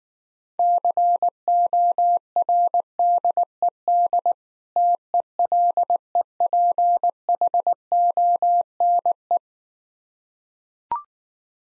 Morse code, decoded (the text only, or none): CORDED TELEPHONE